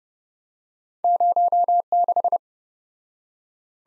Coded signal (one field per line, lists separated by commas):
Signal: Morse code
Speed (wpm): 28 wpm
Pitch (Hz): 700 Hz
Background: none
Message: 06